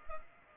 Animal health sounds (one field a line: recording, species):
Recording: mosquito wingbeat signal from an infrared sensor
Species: Culex pipiens